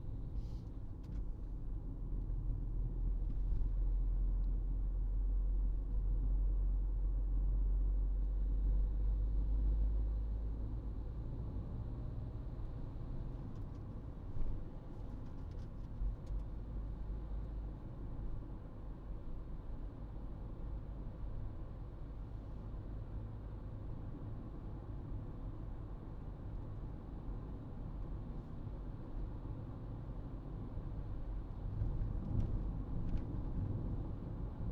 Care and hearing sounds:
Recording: everyday scene through a hearing-aid microphone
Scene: in a vehicle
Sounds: engine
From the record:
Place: Berlingo II, diesel engine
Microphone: in the ear canal, right

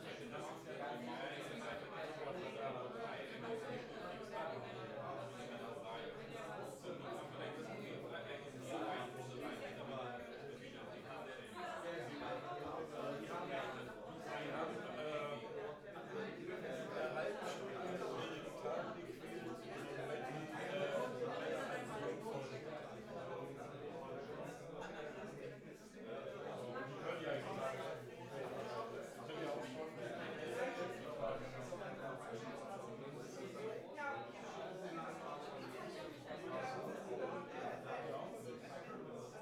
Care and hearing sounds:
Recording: everyday scene through a hearing-aid microphone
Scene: many people talking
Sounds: many voices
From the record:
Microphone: behind the ear, left, front

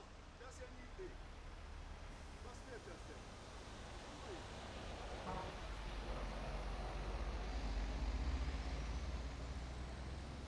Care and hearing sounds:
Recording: everyday scene through a hearing-aid microphone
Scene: in traffic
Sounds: traffic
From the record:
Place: main road on the outskirts, rush hour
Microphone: behind the ear, right, front

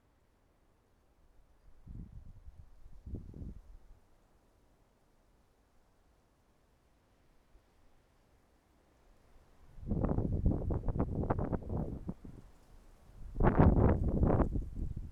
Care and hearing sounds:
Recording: everyday scene through a hearing-aid microphone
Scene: wind on the microphone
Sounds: wind, traffic, birds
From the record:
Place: suburban garden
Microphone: behind the ear, right, front

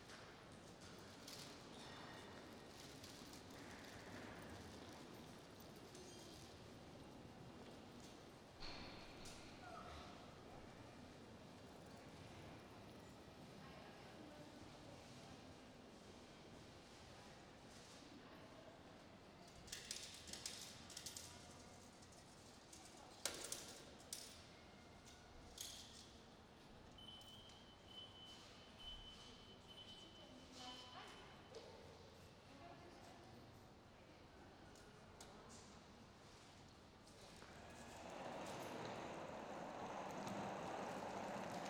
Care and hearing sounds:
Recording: everyday scene through a hearing-aid microphone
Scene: reverberant space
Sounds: background noise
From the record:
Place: railway station hall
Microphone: in the ear canal, right

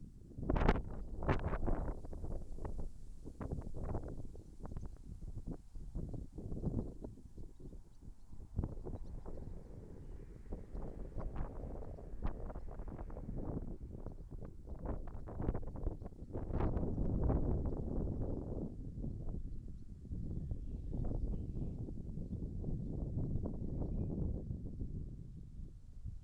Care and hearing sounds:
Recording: everyday scene through a hearing-aid microphone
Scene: wind on the microphone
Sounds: wind, traffic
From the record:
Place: in front of a rural house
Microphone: behind the ear, left, front

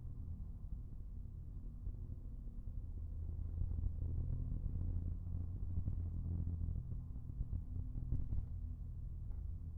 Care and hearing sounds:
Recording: everyday scene through a hearing-aid microphone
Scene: in a vehicle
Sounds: engine, rumble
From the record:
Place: Skoda Fabia, gasoline engine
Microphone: behind the ear, right, front

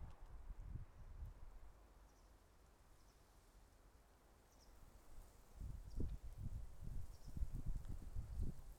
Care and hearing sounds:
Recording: everyday scene through a hearing-aid microphone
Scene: wind on the microphone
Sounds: wind, traffic, birds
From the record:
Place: suburban garden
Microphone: behind the ear, left, front

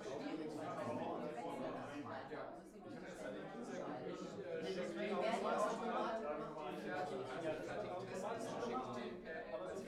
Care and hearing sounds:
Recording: everyday scene through a hearing-aid microphone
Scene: many people talking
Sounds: many voices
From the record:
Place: bistro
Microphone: behind the ear, left, front

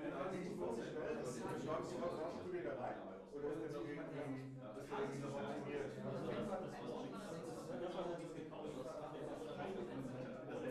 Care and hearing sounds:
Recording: everyday scene through a hearing-aid microphone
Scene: many people talking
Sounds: many voices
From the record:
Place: bistro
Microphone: behind the ear, left, rear

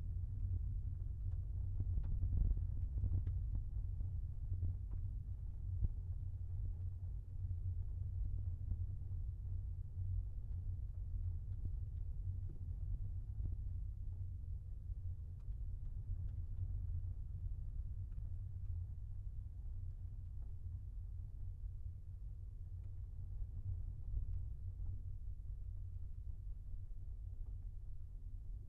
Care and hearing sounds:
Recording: everyday scene through a hearing-aid microphone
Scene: in a vehicle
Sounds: engine, rumble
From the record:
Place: Skoda Fabia, gasoline engine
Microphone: behind the ear, left, rear

